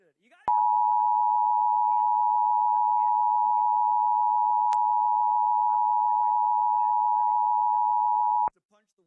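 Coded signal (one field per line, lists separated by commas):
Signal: Emergency Alert System (SAME) tones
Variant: 853 and 960 Hz attention tone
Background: speech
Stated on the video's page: Pennsylvania Required Monthly Test received as a real broadcast.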